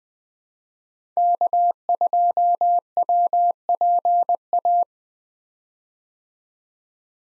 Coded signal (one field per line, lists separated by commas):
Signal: Morse code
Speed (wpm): 20 wpm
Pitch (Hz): 700 Hz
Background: none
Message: K2WPA